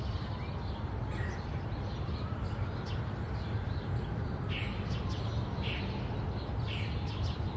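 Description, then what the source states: Birds chirping in short bright bursts, several close together midway, over a steady low roar of traffic. City ambience in daylight, with traffic.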